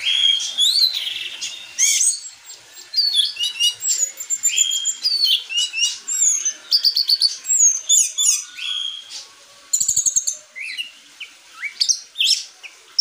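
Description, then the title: Orange-headed thrush song, a loud, rich, fast run of varied whistles, sharp chirps and trilled notes in quick bursts with brief pauses between. Indonesian kicau mania bird-keeping; the bird, called anis merah, is described as gacor, teler, doyorng and a champion. "Kicau Mania Suara Burung Anis Merah Gacor Teler Doyorng Juara"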